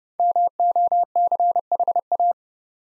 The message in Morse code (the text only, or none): MOCHA